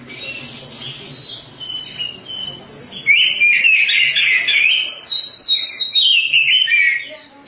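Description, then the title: Oriental magpie-robin song, soft whistles at first, then a long loud flow of rich warbling and swooping whistled phrases, over a faint low hum. "Suara Kicauan Burung Kacer"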